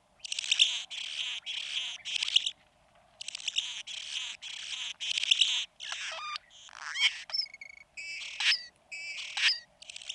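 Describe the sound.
Anna's hummingbird song, a long run of harsh buzzy bursts and squeaky, metallic notes, with brief gaps between phrases.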